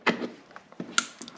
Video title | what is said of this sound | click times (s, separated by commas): Kourtney installs her new FORM LIGHTING LED Headlights | snaps right into place just like that you could hear it click in | 1.0 s